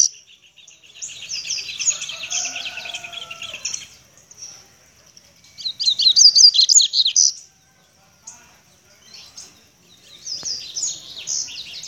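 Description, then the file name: Seedeater song: quick high twittering, then a loud bright phrase of rapid slurred notes, followed by quieter chips and another phrase at the end. "canto do papa capim"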